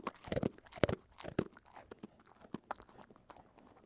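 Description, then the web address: Dog chewing, a few loud crunching bites at the start, then fading softer clicks and smacks. Dog eating a Milk-Bone biscuit. "DOGZ breed dog-eating-milk-bone"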